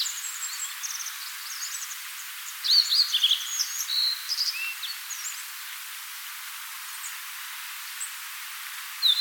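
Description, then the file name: Blue-and-white flycatcher: a whistled phrase of quick sliding notes early on, amid scattered high chirps and ticks. "Cyanoptila cyanomelana"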